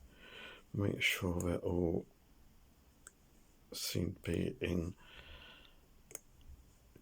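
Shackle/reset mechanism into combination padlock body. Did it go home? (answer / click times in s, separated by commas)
yes / 6.1 s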